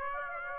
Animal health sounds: mosquito wingbeat signal from an infrared sensor; Aedes aegypti

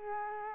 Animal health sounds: mosquito wingbeat signal from an infrared sensor; Culex quinquefasciatus

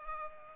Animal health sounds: mosquito wingbeat signal from an infrared sensor; Culex pipiens

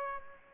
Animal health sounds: mosquito wingbeat signal from an infrared sensor; Aedes aegypti

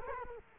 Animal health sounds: mosquito wingbeat signal from an infrared sensor; Culex quinquefasciatus

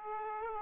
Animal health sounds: mosquito wingbeat signal from an infrared sensor; Aedes aegypti

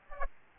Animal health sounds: mosquito wingbeat signal from an infrared sensor; Aedes aegypti

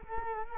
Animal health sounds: mosquito wingbeat signal from an infrared sensor; Culex quinquefasciatus

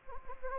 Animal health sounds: mosquito wingbeat signal from an infrared sensor; Anopheles gambiae

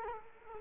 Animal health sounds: mosquito wingbeat signal from an infrared sensor; Culex quinquefasciatus

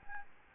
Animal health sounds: mosquito wingbeat signal from an infrared sensor; Anopheles gambiae

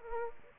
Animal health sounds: mosquito wingbeat signal from an infrared sensor; Aedes aegypti

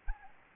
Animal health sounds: mosquito wingbeat signal from an infrared sensor; Anopheles arabiensis

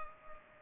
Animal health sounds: mosquito wingbeat signal from an infrared sensor; Culex pipiens

